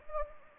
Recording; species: mosquito wingbeat signal from an infrared sensor; Anopheles gambiae